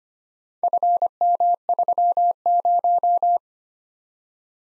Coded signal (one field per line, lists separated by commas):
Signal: Morse code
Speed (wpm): 25 wpm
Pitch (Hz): 700 Hz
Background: none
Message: FM30